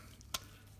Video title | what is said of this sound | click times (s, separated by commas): Bar valve dispense equipment restart - Britvic | so push the nozzle back on twist to lock into place | 0.4 s